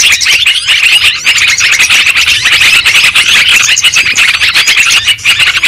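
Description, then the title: Dense lovebird chatter, sharp high squeaks and twitters from many birds overlapping continuously across the whole stretch. Lure sound for trapping lovebirds. "PIKAT BURUNG LOVEBIRD"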